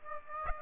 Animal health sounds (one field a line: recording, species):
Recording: mosquito wingbeat signal from an infrared sensor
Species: Aedes aegypti